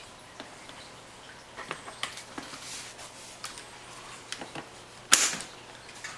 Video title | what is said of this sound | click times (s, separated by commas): Joovy Scooter Stroller - Unboxing Assembly & Review | the bumper bar is installed with the rivet head facing upward and it snaps into place | 5.1 s